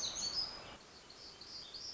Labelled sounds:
Black-throated Gray Warbler
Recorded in Sonoma County, California

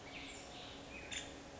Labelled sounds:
Nuttall's Woodpecker
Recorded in Sonoma County, California

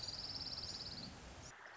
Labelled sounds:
Orange-crowned Warbler
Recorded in Sonoma County, California

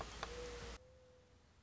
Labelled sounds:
Mourning Dove
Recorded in Sonoma County, California

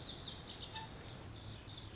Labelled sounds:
Lazuli Bunting
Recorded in Sonoma County, California

